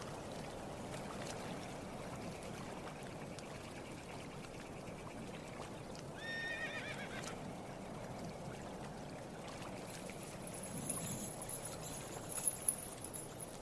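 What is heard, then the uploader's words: A horse gives a short, wavering whinny around the six-second mark over a steady, dense wash of low, watery rumble. Near the end the background turns brighter and busier, with a couple of sharp knocks around twelve seconds. Calming lake ambience. Water lapping. Horse whinny, snort.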